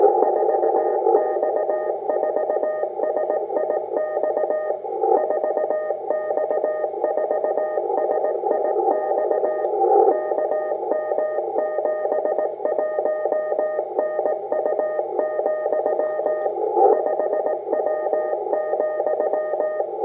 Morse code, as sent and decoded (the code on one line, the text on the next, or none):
....- -..- ....- ... .. -..- / ....- -..- ....- ... .. -..- / -.- -- --... .---- -. ..- --..-- / ..... .-- --..--
4X4SIX 4X4SIX KM71NU, 5W,